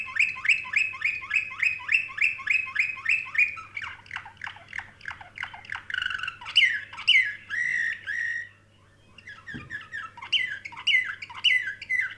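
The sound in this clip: Canary song with a long fast chirp series, varied rising and falling phrases, a short pause with a knock, then renewed chirping.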